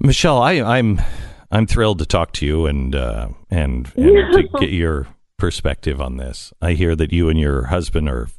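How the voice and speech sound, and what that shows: A man speaks fluently in a low, lively voice with natural pauses: ordinary conversational speech.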